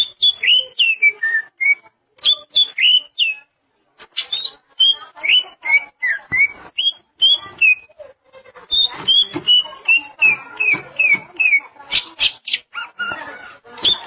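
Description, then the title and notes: Greater green leafbird song, a rapid varied stream of whistled slurs and chips, pausing briefly near four seconds, then resuming. "Suara Kicauan Burung Cucak Ijo"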